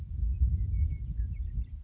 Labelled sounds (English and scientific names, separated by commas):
Western Meadowlark (Sturnella neglecta)